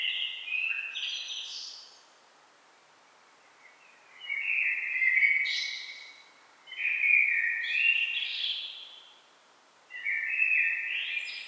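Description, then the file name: Common blackbird song: four separate warbled phrases, each with low flute-like notes and a squeaky high ending, spaced by short pauses. "Turdus merula"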